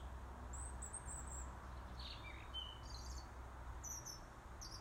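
Robin calls: thin, very high whistled notes in short bursts, with a few lower sliding notes near the middle, over a steady low rumble.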